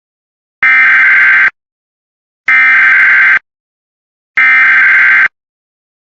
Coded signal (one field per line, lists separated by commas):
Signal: Emergency Alert System (SAME) tones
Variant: header bursts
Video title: EAS BLIZZARD WARNING FOR FREEBRON,MN